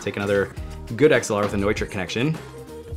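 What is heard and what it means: A Neutrik XLR cable connector is handled at the XLR socket of a Universal Audio SP-1 microphone, tested live after other XLR cables failed to click. Someone talks over music throughout. Nothing has seated or clicked yet by the end of the clip.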